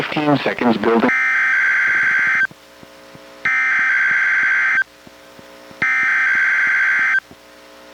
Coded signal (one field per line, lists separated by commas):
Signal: Emergency Alert System (SAME) tones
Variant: header bursts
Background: speech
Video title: EAS #730: NWR Required Weekly Test- Jan. 4, 2023- 11:26AM PST